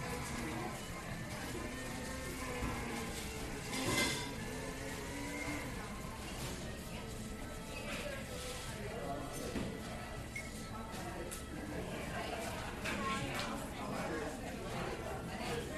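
A coffee shop with a steady murmur of overlapping voices that never drops out across the sixteen seconds. A low hum runs underneath, while short clinks and clatters cut through, with a brief louder burst near the four-second mark.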